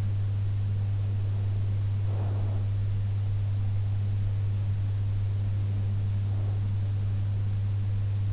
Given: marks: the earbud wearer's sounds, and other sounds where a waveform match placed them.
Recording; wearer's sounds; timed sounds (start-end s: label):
sounds in sleep by an in-ear microphone; breath
1.95-2.83 s: breath